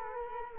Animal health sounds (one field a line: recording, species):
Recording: mosquito wingbeat signal from an infrared sensor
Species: Culex quinquefasciatus